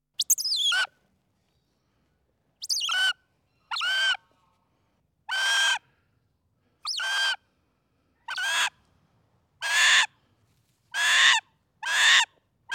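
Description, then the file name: Northern goshawk giving harsh nasal calls, each under a second long, repeated about every one and a half seconds after a longer gap following the first, in an otherwise quiet background. "Digiffects Sound Effects Library - Goshawk"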